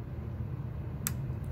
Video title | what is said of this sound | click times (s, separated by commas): Bobbin winding for newer machines | you hear the click it has to click into place let me do it again | 1.1 s